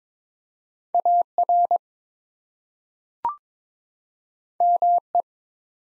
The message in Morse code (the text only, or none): AR ME